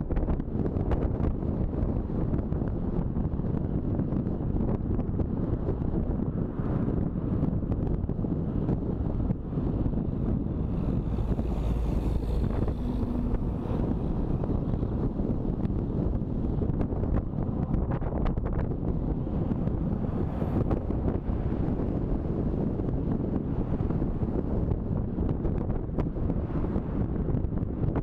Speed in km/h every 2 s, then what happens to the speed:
39, 37, 35, 34, 33, 34, 35, 36, 37, 37, 38, 38, 38, 39.
0-7 slows to 33. 7-28 steady at about 37.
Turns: none.